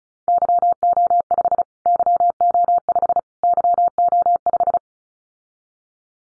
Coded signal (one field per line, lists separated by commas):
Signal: Morse code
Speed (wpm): 34 wpm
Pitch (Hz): 700 Hz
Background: none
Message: YO5 YO5 YO5